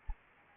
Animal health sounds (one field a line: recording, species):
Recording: mosquito wingbeat signal from an infrared sensor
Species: Anopheles arabiensis